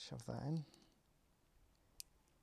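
Someone talks briefly, then the crimped metal terminal on the live orange, fused wire is pushed into a plastic 2-pin accessory connector housing for Suzuki DR650 motorcycle accessory power. A single sharp click is heard at 2.0 s as the terminal seats and locks in the housing.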